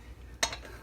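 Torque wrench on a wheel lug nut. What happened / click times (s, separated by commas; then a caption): Torque wrench clicks at its set torque on the lug nut / 0.4 s. A click-type torque wrench does the final tightening of a wheel lug nut on a Ford Maverick XL during a tire rotation. After a low background hum, one sharp click rings out at 0.4 s, followed by a brief faint ring. The wrench has reached its setting and the lug nut is confirmed torqued.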